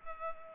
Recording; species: mosquito wingbeat signal from an infrared sensor; Culex pipiens